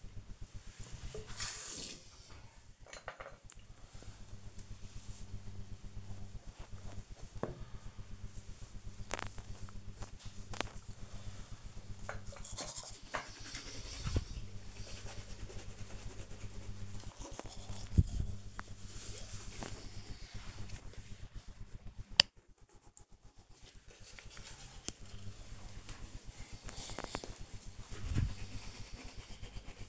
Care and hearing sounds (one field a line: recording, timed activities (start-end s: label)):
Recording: household activities, microphone on the right wrist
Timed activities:
0.00-29.89 s: brushing teeth